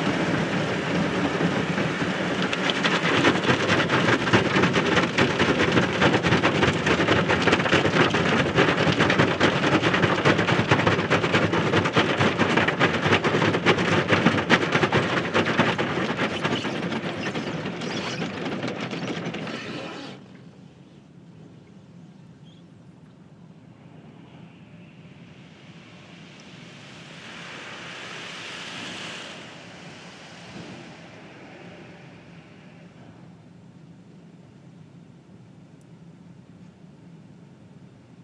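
A car wash roars with dense, steady spraying for about twenty seconds, then cuts off, leaving a low rumble and a brief softer hiss near 28 seconds.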